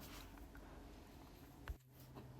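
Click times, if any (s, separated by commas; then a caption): 1.7 s. An indicator light assembly is pinched and pushed into a plastic zone valve cover. It snaps into place with one sharp click at 1.7 seconds over a low background hum, and the light is seated.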